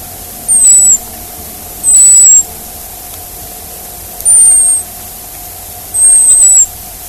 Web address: hazel dormouse